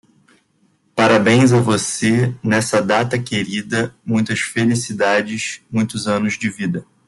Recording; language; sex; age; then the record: short text; Brazilian Portuguese; male; 20 to 29 years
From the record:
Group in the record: control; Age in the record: 25 years